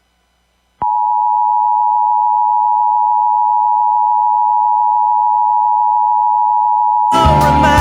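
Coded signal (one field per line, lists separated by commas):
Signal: Emergency Alert System (SAME) tones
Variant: 853 and 960 Hz attention tone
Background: music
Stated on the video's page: Real alerts received during a severe weather outbreak.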